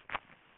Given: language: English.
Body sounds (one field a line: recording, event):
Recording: throat vibration sensor signal played as sound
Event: swallow